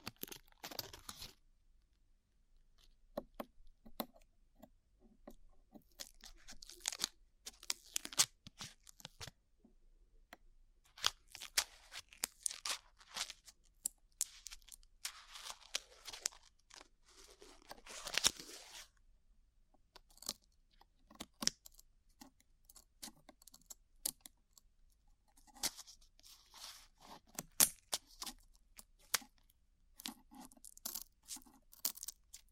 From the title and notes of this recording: ASMR Peeling Glue Off Your Ears (No Talking).